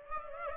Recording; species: mosquito wingbeat signal from an infrared sensor; Aedes aegypti